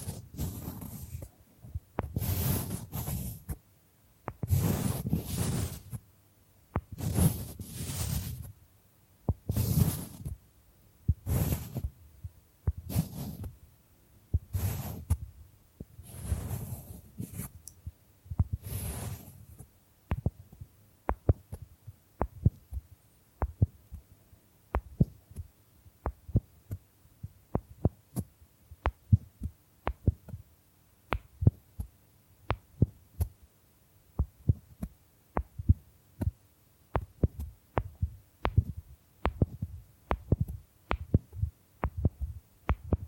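Bamboo being worked by hand: for the first twenty seconds, broad rough brushing or scratching strokes come in regular bursts about once a second. After that, sharp dry taps take over, falling in a quick, uneven rhythm with quiet gaps between them until the end.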